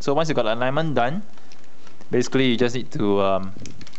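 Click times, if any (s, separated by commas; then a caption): none. A plastic panel is being handled into the body of a Mastermind Creations MMC Reformatted R-03 Bovis transforming robot toy after one side has been aligned. Someone talks throughout, with only faint handling noise between phrases. Nothing has seated or clicked yet; the part has not gone home.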